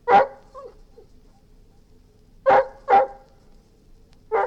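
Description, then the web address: Golden retriever giving sharp barks, one at the start with soft whines after it, then a quick pair and another. "Golden Retriever barking & whining"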